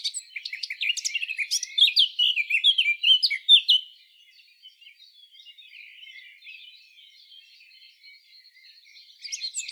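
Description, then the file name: Eurasian blackcap song: a rapid jumble of bright warbling notes for about four seconds, then a quieter subdued twittering, with a fresh burst starting at the end. "Sylvia atricapilla"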